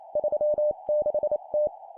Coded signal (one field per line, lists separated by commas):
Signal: Morse code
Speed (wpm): 28 wpm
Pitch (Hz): 600 Hz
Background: none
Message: 36T